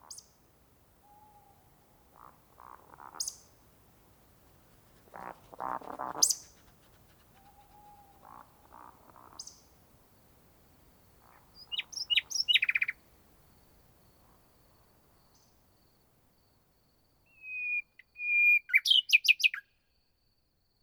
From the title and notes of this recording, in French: Divers lieux dans la vallée du Maravel - divers équipements. Expérience étonnante du confinement COVID19 pendant trois mois seul avec les animaux et paysages sauvages de cette vallée du Haut-Diois.